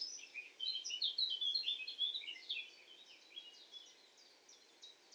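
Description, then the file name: Common nightingale song, a rich run of varied warbled and chirped notes that fades into softer, quicker repeated elements, with a steady low background hiss. "Luscinia megarhynchos"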